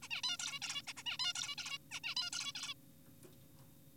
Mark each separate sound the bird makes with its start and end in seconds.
0.03-0.09, 0.11-0.22, 0.24-0.37, 0.39-0.60, 0.62-0.82, 0.87-0.93, 0.97-1.03, 1.06-1.18, 1.20-1.33, 1.35-1.56, 1.58-1.78, 1.91-2.00, 2.04-2.15, 2.17-2.30, 2.33-2.52, 2.55-2.74